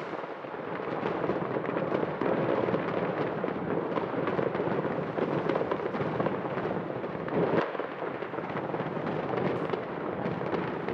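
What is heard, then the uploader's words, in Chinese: Fireworks and firecrackers crackle without pause, a dense, steady roar of countless rapid pops layered on top of one another. The barrage stays loud and even throughout, with a brief dip just past seven seconds and a sharp bright crack near the ninth second. 当然最不可缺少的年味是放鞭炮。争相斗艳的烟花炮竹。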